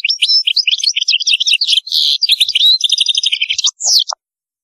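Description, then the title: European goldfinch song, a fast continuous stream of liquid twitters, chirps and short buzzy trills running for about four seconds before ending in a few lower notes. "Chant Chardonneret"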